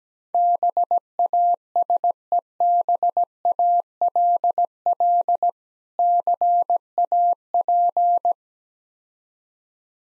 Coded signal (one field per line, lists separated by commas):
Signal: Morse code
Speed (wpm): 17 wpm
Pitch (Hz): 700 Hz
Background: none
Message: BASEBALL CAP